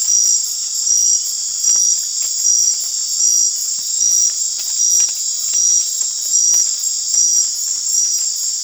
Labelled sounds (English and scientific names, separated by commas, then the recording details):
none
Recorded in dense forest near Puerto Asís, Putumayo, Colombia, on 24 March 2025 at 19:00
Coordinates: 0.503, -76.323
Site GP09